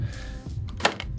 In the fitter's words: and you'll hear it click into place